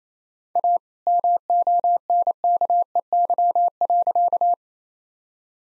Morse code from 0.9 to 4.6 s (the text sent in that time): MONKEY.